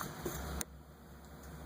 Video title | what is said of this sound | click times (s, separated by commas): Fuel pump replacement 2004 Buick Lesabre Park Avenue how to change fuel pump | you hear them click and you can pull this line off you have a little fuel spray but don't worry it's only gasoline | 0.0 s, 0.6 s